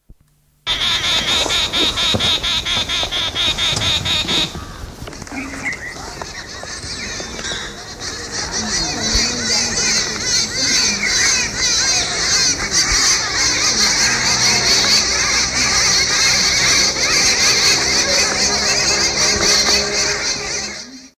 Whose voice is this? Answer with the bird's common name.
Large Grey Babbler